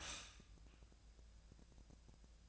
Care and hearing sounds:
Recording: daily activity, microphone in the room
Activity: stop toaster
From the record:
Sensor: 2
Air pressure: 1000.0 hPa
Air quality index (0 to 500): 145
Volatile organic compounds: 2 ppm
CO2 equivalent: 1230 ppm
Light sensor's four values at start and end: 27/67/28/31 and 27/67/28/31

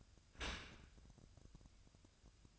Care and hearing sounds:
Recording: daily activity, microphone in the room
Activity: open dishwasher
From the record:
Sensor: 2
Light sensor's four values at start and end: 6/15/6/6 and 6/15/6/6

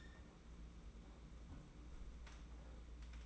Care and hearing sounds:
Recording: daily activity, microphone in the room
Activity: close fridge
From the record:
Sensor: 1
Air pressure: 991.8 hPa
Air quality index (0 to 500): 205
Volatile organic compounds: 1000 ppm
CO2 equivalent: 7928 ppm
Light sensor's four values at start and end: 28/98/38/38 and 28/98/38/38

